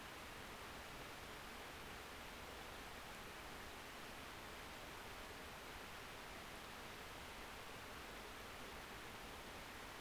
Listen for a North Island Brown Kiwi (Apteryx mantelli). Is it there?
no